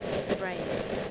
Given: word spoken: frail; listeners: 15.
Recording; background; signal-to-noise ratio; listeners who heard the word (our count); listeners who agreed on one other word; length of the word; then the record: one English word in noise, from a listening test; noise modulated by three-talker babble; -6.5 dB; 0 of 15; 6 of 15; 0.71 s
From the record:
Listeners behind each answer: 6, 2, 1, 1, 1, 1, 1, 1, 1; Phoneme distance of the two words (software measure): 20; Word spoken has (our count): 1 syllable, 4 phonemes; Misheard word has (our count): 1 syllable, 4 phonemes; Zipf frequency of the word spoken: 3.26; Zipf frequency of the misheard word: 4.84